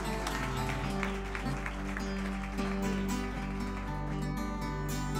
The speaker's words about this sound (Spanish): Aplauso para ellos.